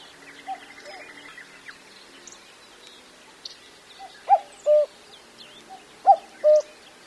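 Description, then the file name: Common cuckoo calling cuck-oo twice near the end, a falling two-note phrase, after a quieter stretch of faint bird chirps. "kakko"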